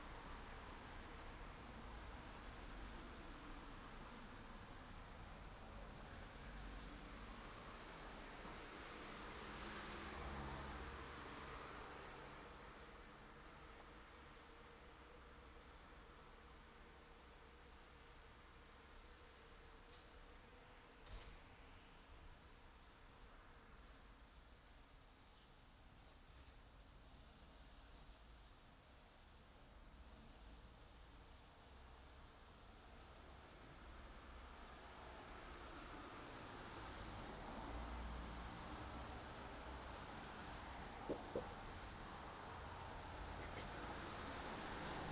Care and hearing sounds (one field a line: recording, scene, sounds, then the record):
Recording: everyday scene through a hearing-aid microphone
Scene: in traffic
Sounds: traffic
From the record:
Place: city secondary road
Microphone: in the ear canal, right